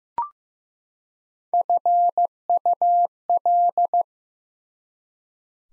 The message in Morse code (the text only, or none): FUL